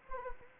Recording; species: mosquito wingbeat signal from an infrared sensor; Anopheles arabiensis